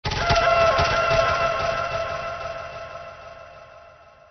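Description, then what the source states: Turkeys calling, a dense burst of rattling, gobbling notes that starts loud and slowly fades away over about four seconds. More than one turkey.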